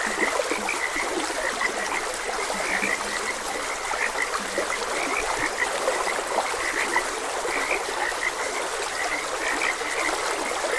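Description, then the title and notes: Frogs croak in an overlapping chorus without pause over a steadily flowing stream. Frogs croaking beside a gentle stream. "Gentle Stream and Frogs Croaking. Sleep and Relaxation Podcast"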